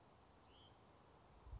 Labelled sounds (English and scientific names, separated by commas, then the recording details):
Hutton's Vireo (Vireo huttoni)
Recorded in Sonoma County, California